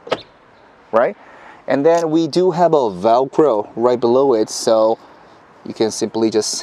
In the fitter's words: pull it until you hear the click sound